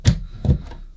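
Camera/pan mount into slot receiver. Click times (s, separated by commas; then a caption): 0.1 s. A camera/pan mount is slotted into the receiver on an iFootage Cobra 2 Strike monopod and snaps home at 0.1 s with a sharp click. A second, softer thud follows at about 0.5 s. The mount is seated and locked in place.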